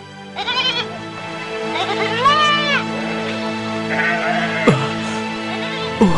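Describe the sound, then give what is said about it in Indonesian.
Goats bleat in a loud, wavering chorus, with several overlapping nasal cries rising and falling in pitch over a steady low hum, one sharp bleat cutting in near the end. “Kemudian kambing itu berkembang biak hingga sebanyak ini. Maka seluruh kambing ini adalah milikmu.”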